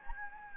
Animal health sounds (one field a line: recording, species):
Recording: mosquito wingbeat signal from an infrared sensor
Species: Anopheles gambiae